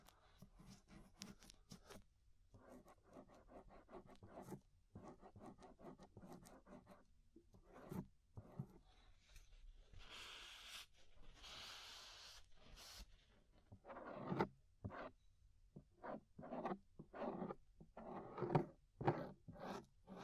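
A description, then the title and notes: Ear scraping sounds come in dense, gritty bursts, rough rasping strokes separated by brief silences. Around the middle a softer, hissy rubbing stretch runs for a few seconds, then sharper, louder scrapes return in quicker, choppier strokes toward the end. Inner and Outer Ear Scraping (No Talking).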